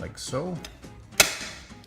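Someone talks while the ribbon cover is put back on a 1963 Facit TP1 metal portable typewriter and pressed down onto the typewriter body. A sharp, loud snap is heard at 1.2 s as the cover seats in place.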